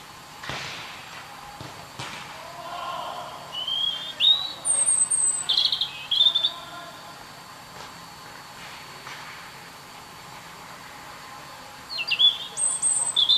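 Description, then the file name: European robin song: two bursts of high, thin whistled phrases with sliding notes, separated by several seconds of quiet; faint background hiss. "Erithacus rubecula"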